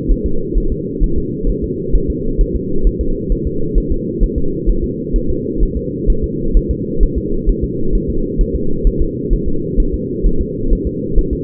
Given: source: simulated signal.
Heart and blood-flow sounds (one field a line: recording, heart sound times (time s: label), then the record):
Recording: fetal heart sounds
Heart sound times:
0.11 s: S1
0.26 s: S2
0.57 s: S1
0.72 s: S2
1.03 s: S1
1.18 s: S2
1.49 s: S1
1.64 s: S2
1.95 s: S1
2.10 s: S2
2.41 s: S1
2.56 s: S2
2.87 s: S1
3.01 s: S2
3.32 s: S1
3.47 s: S2
3.78 s: S1
3.92 s: S2
4.23 s: S1
4.38 s: S2
4.70 s: S1
4.84 s: S2
5.16 s: S1
5.30 s: S2
5.63 s: S1
5.77 s: S2
6.10 s: S1
6.24 s: S2
6.57 s: S1
6.71 s: S2
7.03 s: S1
7.18 s: S2
7.49 s: S1
7.64 s: S2
7.95 s: S1
8.10 s: S2
8.41 s: S1
8.55 s: S2
8.87 s: S1
9.02 s: S2
9.33 s: S1
9.48 s: S2
9.80 s: S1
9.94 s: S2
10.26 s: S1
10.41 s: S2
10.73 s: S1
10.87 s: S2
11.18 s: S1
11.33 s: S2
From the record:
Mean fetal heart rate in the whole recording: 130 bpm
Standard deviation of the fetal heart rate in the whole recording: 2 bpm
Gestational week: 38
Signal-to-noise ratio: -8.1 dB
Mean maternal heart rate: 72 bpm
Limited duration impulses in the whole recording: absent